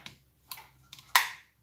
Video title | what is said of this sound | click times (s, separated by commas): Friday Night Live Gel Blaster Repair | all the gears lined up. Everything's popped into place. | 1.2 s